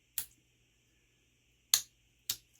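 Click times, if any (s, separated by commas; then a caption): 1.7 s. An old camp-style folding pocket knife is worked, and its steel backspring snaps the blade into position. Sharp, bright clicks are heard at about 0.2, 1.7 and 2.3 seconds, with the crispest snap at 1.7 seconds, where the blade seats into place. A final click comes just before the end, over a faint steady hum.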